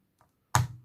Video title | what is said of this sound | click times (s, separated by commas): 🥰 Action 🤗 WINTER VILLAGE 😉 FABRICATION # 4 🥰 | voilà vous avez entendu le claque je remets vite le lampadaire | 0.5 s